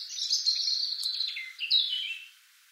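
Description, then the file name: European robin song: a thin, high warbling phrase that slides and wavers, then a brief pause and a second bright, descending phrase. No other clear sounds. "Erithacus rubecula"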